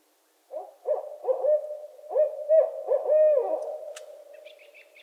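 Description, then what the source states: Barred owls give a rapid chorus of overlapping hoots and wavering cackles that swell and fade; a short sharp click and faint higher chirps come near the end. Several owls calling during the mating season in northern Michigan.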